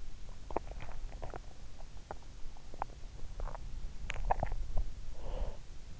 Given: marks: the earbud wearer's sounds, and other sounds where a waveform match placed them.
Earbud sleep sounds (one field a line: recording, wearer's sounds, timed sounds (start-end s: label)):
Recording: sounds in sleep by an in-ear microphone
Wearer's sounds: teeth grinding, swallowing, breath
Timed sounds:
0.42-1.45 s: teeth grinding
1.70-3.76 s: teeth grinding
4.02-4.57 s: swallowing
5.07-5.73 s: breath